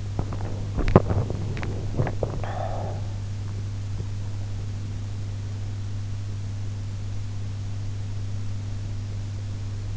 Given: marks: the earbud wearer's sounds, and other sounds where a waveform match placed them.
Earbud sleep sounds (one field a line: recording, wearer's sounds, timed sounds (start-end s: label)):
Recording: sounds in sleep by an in-ear microphone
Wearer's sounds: swallowing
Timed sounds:
0.00-3.05 s: swallowing